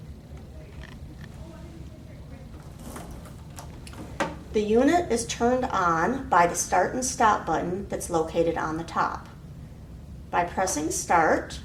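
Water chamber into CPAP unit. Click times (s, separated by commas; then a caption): 4.2 s. A plastic humidifier water chamber is slid back into a CPAP unit and snaps into place, with the click at 4.2 s, and the chamber is seated. Someone talks through most of the clip.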